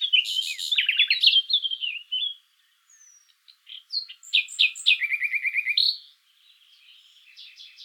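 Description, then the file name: Common nightingale singing loud, varied phrases, including a fast, buzzy stuttered burst and a rapid, evenly repeated trill, with short pauses between phrases. "Luscinia megarhynchos"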